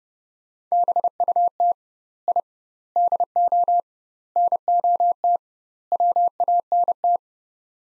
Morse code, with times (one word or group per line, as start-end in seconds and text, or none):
0.7-1.7 BUT
2.3-2.4 I
3.0-3.8 DO
4.4-5.4 NOT
5.9-7.2 WANT